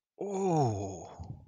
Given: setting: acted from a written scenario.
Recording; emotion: vocal sound without words; realization